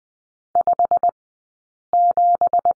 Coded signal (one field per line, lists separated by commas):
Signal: Morse code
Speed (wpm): 20 wpm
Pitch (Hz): 700 Hz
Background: none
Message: 57